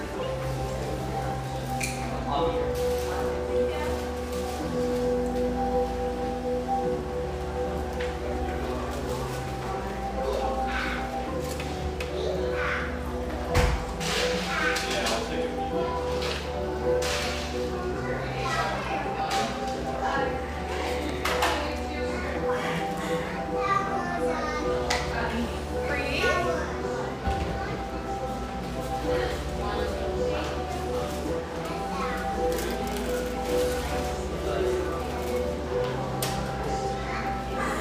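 A cafe in Portland's Grant Park neighborhood, filled with a steady murmur of overlapping conversations and the occasional child's voice. A low, even hum runs underneath throughout, with scattered clinks and knocks of dishes, one sharper clatter near fourteen seconds.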